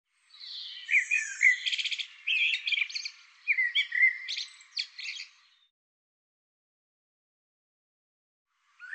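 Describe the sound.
Bird song: a long jumbled phrase of whistles, squeaky slurs and buzzy bursts, then silence, with a new phrase just starting at the end.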